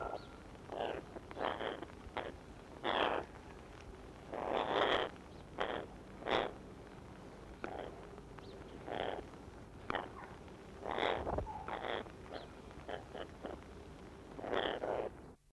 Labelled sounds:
Yellow-crowned Amazon call
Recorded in captivity
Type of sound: call
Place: Ruhr-Zoo Gelsenkirchen, Nordrhein-Westfalen, DE
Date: 1976-10-02
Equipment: Halbspur, 9,5 cm/s
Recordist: Lütgens, Hans
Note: Rufe

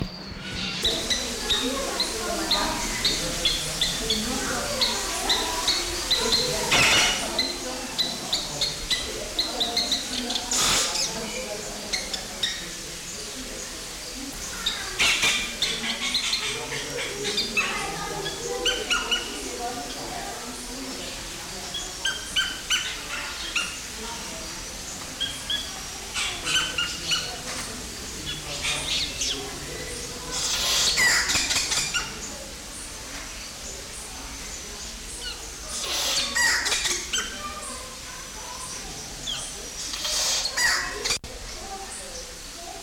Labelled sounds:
Yellow-rumped Cacique
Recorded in captivity
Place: Zoo Berlin, Berlin, DE
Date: 1992-10-24 11:40
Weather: bedeckt, 4-6°C
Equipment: Marantz CP 430, Sennheiser ME 80, Kopie Tesla B 116
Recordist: Tembrock, Günter

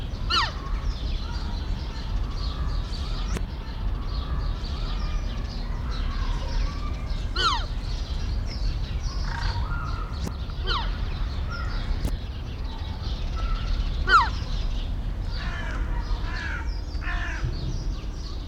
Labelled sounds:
Red River Hog
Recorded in captivity
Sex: pair
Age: adult
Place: Zoo Berlin, Berlin, DE
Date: 1994-10-01 10:30
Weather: wolkig, z. T. etwas Regen, aufheiternd, 12°C
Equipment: Marantz CP 430, Sennheiser ME 80, Kopie Uher Variocord 263
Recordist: Tembrock, Günter
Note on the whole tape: Laute des Weibchens bei Begegnung und "Rempeln" durch das Männchen, dann aber auch ohne Kontakt. Beim Frontalkontakt dunkle Laute (wohl Männchen), auch Stoßlaut

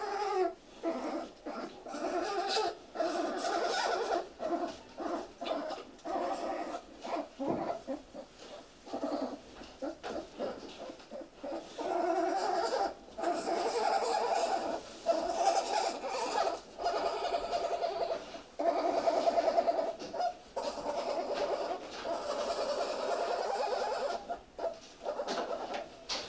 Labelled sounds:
Golden Jackal howling
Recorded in captivity
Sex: male
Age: adult
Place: Zoo Halle, Sachsen-Anhalt, DE
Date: 1957-03-05
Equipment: BG 19/2, RFT-Super 5 E 63, Kondensatormikrofon mit MVT 4050
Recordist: Heydecke, Rolf

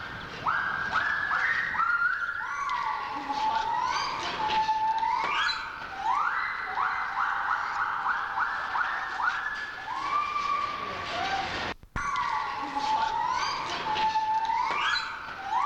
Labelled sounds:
Silvery Javan Gibbon
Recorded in captivity
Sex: pair
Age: adult
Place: Zoo Berlin, Berlin, DE
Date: 1984-03-02 12:18
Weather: 5°C, sonnig
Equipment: Sony TCM-7, Mikrofon Olympus Mi-7, Kopie Uher 4000 Report Monitor
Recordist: Tembrock, Günter

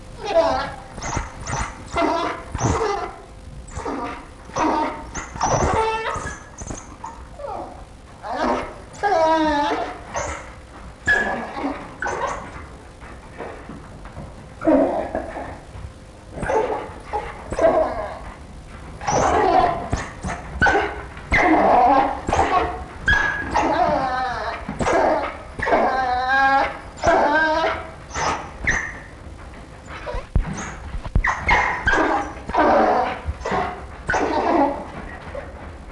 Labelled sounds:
African Wild Dog
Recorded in captivity
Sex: female
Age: adult
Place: Tierpark Berlin, Berlin, DE
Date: 1963-12-25 10:30
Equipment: Minifon, Kopie BG 26/1
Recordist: Tembrock, Günter
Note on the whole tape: 1961 gezüchtet. Rhythmisches Winseln und andere Laute, als Pfleger vorbeigehen und nachdem sie fort sind. Abstand: 3-4 m. Aufnahmezeit: 10.30 bis 13.30 Uhr

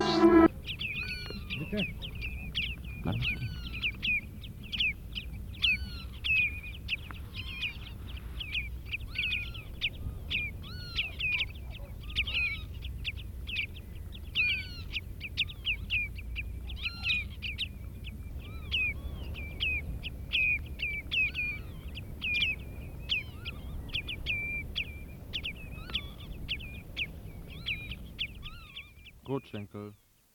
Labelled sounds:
Common Redshank call
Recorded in the wild
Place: Langenwerder, Mecklenburg-Vorpommern, DE
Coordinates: 54.027, 11.493
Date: 1969-06-08
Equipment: Nagra III BH, Sennheiser MD 421
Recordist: Schubert, Michael

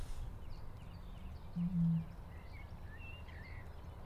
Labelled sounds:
Great Bittern
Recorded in the wild
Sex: male
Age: adult
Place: Hobrechtsfelder Rieselfelder, Naturpark Barnim, Berlin, DE
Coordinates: 52.6681, 13.4717
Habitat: pond
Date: 2008-04-27
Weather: wolkenlos, windstill, ca. 10°C
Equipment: Sound Devices 702, Sennheiser MKH 70, Windkorb
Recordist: Frommolt, Karl-Heinz
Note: Großer Reinigungsteich, mit Schilf bewachsenes Becken: Rufreihe einer Rohrdommel. Entfernung ca. 100 m

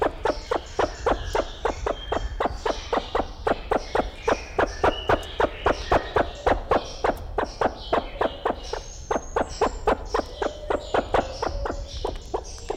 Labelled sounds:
Great Argus call
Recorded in captivity
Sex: male
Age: adult
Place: Zoo Berlin, Berlin, DE
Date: 1994-03-05 11:38
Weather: heiter, 4°C, Windböen
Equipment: Marantz CP 430, Sennheiser ME 80, Kopie Uher Variocord 263
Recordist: Tembrock, Günter

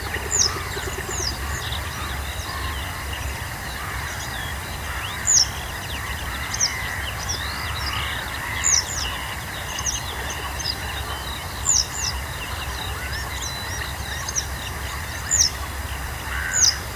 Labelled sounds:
Western Yellow Wagtail
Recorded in the wild
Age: adult
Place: Illmitz, Neusiedler See, AT
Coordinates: 47.7678, 16.7803
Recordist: Brunner, Thomas

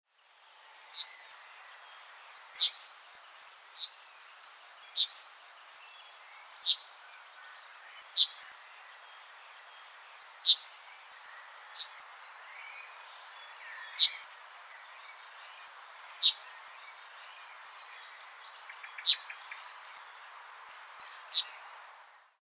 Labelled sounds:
Yellowhammer
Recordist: Frommolt, Karl-Heinz
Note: Rufe eines Männchens

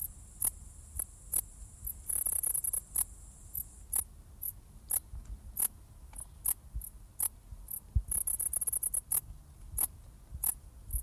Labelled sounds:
Dark Bush-cricket stridulation
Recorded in the wild
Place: Strausberg, Barnim, Brandenburg, DE
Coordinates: 52.5375, 13.8989
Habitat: forest
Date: 1989-08-12 18:59
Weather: 22°C im Schatten
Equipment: Riporter 6 RG-K, Halbspur, Sennheiser MKH 416 T
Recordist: Frommolt, Karl-Heinz

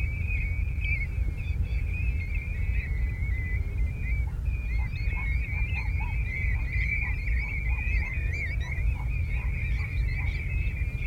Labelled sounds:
European Golden Plover call
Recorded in the wild
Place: Schaprode, Insel Rügen, Mecklenburg-Vorpommern, DE
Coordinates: 54.544, 13.146
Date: 1975-09-20
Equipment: Nagra III BH, Sennheiser MD 21, parabola
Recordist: Schubert, Michael

